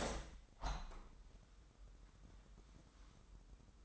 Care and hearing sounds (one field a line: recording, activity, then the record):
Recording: daily activity, microphone in the room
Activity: open window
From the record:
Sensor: 3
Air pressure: 998.5 hPa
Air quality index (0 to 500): 156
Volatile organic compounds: 6 ppm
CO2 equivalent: 1886 ppm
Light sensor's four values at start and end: 17/42/18/20 and 18/43/18/20